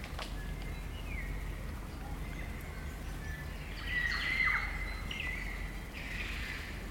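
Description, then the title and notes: Kaka dusk chorus: faint drawn-out whistles with a louder scratchy burst midway, over steady low background rumble. Kakas, a large parrot, singing an eerie dusk chorus in late spring at Karori Sanctuary near Wellington, New Zealand. "It's late spring at the Karori Sanctuary near Wellington, New Zealand and the kakas – a large species of parrot – are singing their eerie dusk chorus. BBC Countryfile Magazine's Sound Escapes. Recorded by Margaret Bartlett"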